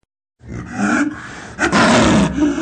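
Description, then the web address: Cat giving a rough, growling yowl in two bursts, the second louder, with wavering harsh tones and a breathy, noisy edge. "koty"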